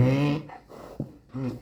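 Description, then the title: Donkey braying: a loud, rich honking note breaks into breathy gasps, and then a second, shorter honk follows. Several donkeys braying at the recordist while their food was being prepared. "Donkeys talking for one minute"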